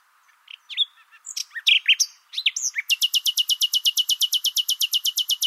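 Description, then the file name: Common nightingale song opening with scattered whistles and rising chirps, then switching to a rapid, even burst of repeated high clicking notes. "Luscinia megarhynchos"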